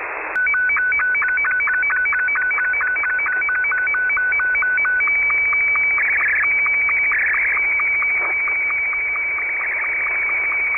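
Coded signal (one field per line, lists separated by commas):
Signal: SSTV (slow-scan television)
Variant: Martin 2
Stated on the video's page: Signal received in Manchester UK on 14.230 MHz alongside SSTV reception.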